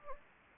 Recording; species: mosquito wingbeat signal from an infrared sensor; Anopheles gambiae